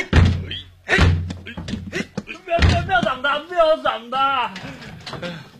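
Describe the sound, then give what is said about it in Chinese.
A locked bedroom door being rammed open: three heavy, booming thuds strike about a second apart, the last one bursting it, followed by loud raised voices calling out. “要是你们不放心的话，就把门撞开吧。”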